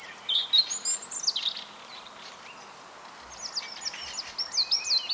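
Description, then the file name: European robin song in two high, thin phrases of quick trills and sliding whistles, separated by a short pause, with faint hiss behind. "Erithacus rubecula"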